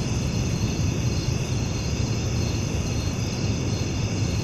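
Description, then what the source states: Crickets keep up a continuous shrill chorus without pause, underneath which a heavy low rumble runs steadily. Recorded at night.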